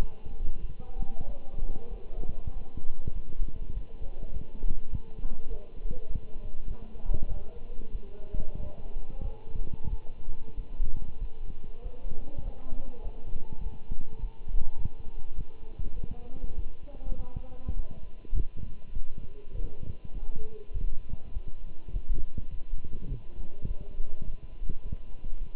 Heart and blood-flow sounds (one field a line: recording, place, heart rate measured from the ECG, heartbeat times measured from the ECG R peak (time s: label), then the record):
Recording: heart sounds by stethoscope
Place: between the tricuspid and mitral areas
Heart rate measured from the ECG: 99 bpm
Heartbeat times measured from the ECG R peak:
0.61 s: heartbeat
1.27 s: heartbeat
1.90 s: heartbeat
2.53 s: heartbeat
3.14 s: heartbeat
3.74 s: heartbeat
4.33 s: heartbeat
4.92 s: heartbeat
5.49 s: heartbeat
6.08 s: heartbeat
6.68 s: heartbeat
7.29 s: heartbeat
7.92 s: heartbeat
8.57 s: heartbeat
9.23 s: heartbeat
9.90 s: heartbeat
10.56 s: heartbeat
11.20 s: heartbeat
11.83 s: heartbeat
12.44 s: heartbeat
13.04 s: heartbeat
13.63 s: heartbeat
14.22 s: heartbeat
14.78 s: heartbeat
15.36 s: heartbeat
15.95 s: heartbeat
16.56 s: heartbeat
17.17 s: heartbeat
17.76 s: heartbeat
18.34 s: heartbeat
18.93 s: heartbeat
19.52 s: heartbeat
20.13 s: heartbeat
20.73 s: heartbeat
21.34 s: heartbeat
21.93 s: heartbeat
22.51 s: heartbeat
23.09 s: heartbeat
23.67 s: heartbeat
24.25 s: heartbeat
24.83 s: heartbeat
25.40 s: heartbeat
From the record:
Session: walking at 3.7 km/h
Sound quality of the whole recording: good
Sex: male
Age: 24 years